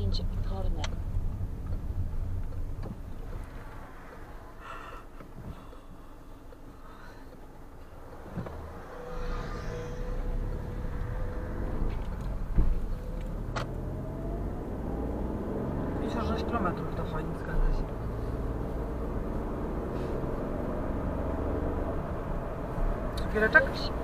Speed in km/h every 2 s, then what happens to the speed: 15, 5, 0, 0, 0, 13, 20, 34, 45, 51, 61, 64.
0-3 brakes to 0. 3-8 standing. 8-24 pulls away to 64.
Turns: none.